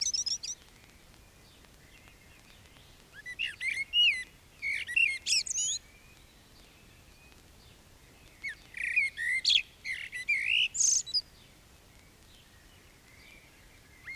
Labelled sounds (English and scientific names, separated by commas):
Common Blackbird (Turdus merula) song